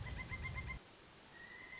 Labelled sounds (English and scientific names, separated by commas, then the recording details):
Pileated Woodpecker (Dryocopus pileatus)
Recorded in Sonoma County, California